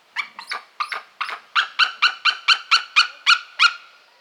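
White-tailed eagle giving a long series of harsh, yelping notes that start hesitantly and then quicken into an even run before stopping.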